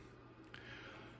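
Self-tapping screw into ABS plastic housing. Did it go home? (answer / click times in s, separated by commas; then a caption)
yes / 0.5 s. A self-tapping screw sits in its hole in the ABS plastic case of a Yaesu SM-5000 station monitor and is turned backwards so it finds the existing thread instead of re-threading the plastic. Over a quiet, steady low hum, a single short, small click sounds at 0.5 s as the screw drops into the existing thread. The screw is seated and ready to be screwed down.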